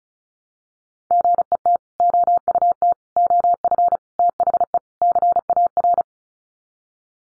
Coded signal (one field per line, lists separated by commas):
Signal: Morse code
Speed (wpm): 34 wpm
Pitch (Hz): 700 Hz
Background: none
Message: GET OUT OF THE CAR